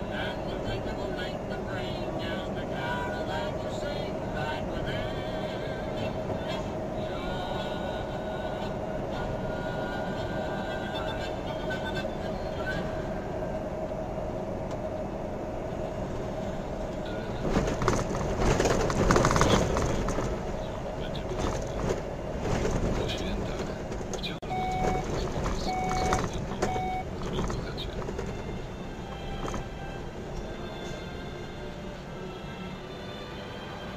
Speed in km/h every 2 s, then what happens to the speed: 54, 55, 55, 56, 56, 56, 55, 53, 51, 49, 47, 40, 33, 25, 18, 12, 6.
0-11 steady at about 55. 11-34 slows to 6.